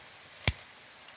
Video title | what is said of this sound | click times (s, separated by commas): Glock Safety Shelf Bypass ... to test if partial cock will ignite a primer without safety plunger | Take this. Push down on it. Bring it close so you can hear the click. | 0.5 s